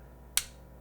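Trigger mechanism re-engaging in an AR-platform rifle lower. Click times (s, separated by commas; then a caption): 0.4 s. On an AR-platform rifle, with the trigger held to the rear after the bolt is cycled, pressure is slowly let off the trigger until the trigger mechanism in the lower re-engages. A single sharp click of the trigger reset is heard at 0.4 s against a quiet background. The trigger has reset.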